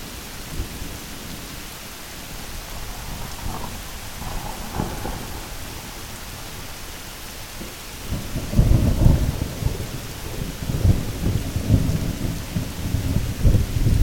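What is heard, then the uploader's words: Midnight rain hisses steadily while low thunder rumbles throughout, swelling into heavier, denser rolls after about eight seconds. MIDNIGHT RAIN.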